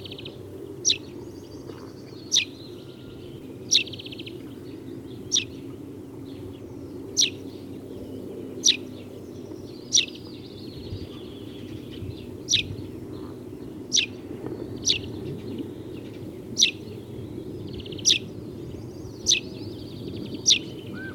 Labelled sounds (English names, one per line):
Eurasian Tree Sparrow call